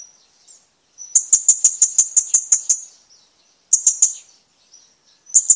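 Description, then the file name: Blue-crowned hanging parrot giving a rapid run of about ten shrill high ticking notes, then a shorter burst of four and another beginning at the end. "suara burung serindit"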